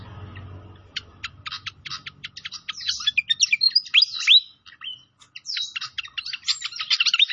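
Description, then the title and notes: Pied fantail song, a train of sharp clicks and chirps breaking into swooping whistled phrases, a brief pause, then more rapid notes. Masteran (training recording) with a clear voice. "Masteran Sikatan Kipas Suara Jernih Dan Suara Gemericik Air. Suara Burung Sikatan Londo"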